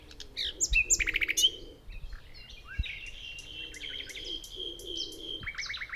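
Common nightingale song: a fast rattling burst of repeated notes, then varied whistles and chirps, ending in another rapid run of repeated notes.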